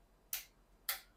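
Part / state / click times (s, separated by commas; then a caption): torque wrench on bicycle stem bolt / torque reached / 0.3 s, 0.9 s. A torque wrench set just under 5 Nm tightens the bicycle stem clamp bolts. It gives two sharp clicks at 0.3 s and 0.9 s, each time reaching its setting, and no one talks during the clip. Both bolts are confirmed torqued.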